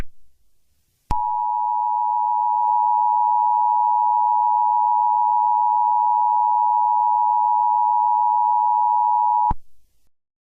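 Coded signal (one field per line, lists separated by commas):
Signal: Emergency Alert System (SAME) tones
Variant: 853 and 960 Hz attention tone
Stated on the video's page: Fictional EAS scenario.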